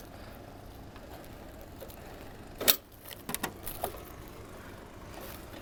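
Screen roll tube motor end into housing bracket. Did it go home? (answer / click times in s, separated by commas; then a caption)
yes / 2.7 s. The roll tube of a motorized retractable screen is pushed onto the motor-side bracket inside the housing, and it clicks into place at 2.7 s, meaning the motor side is securely fastened. A few more sharp knocks follow between about 3.3 and 3.9 s over a quiet background.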